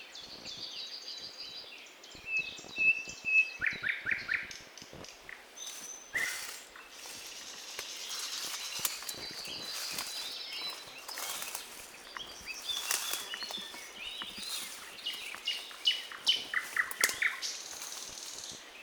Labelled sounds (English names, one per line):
Thrush Nightingale song